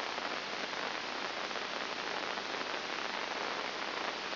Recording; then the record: brain microelectrode recording played as sound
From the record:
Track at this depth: inside the subthalamic nucleus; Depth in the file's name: 1.904 mm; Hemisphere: left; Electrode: 2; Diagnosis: Parkinson's disease